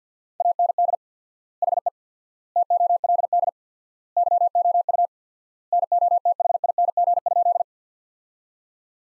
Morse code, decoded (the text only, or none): AND HE TOLD YOU NOTHING?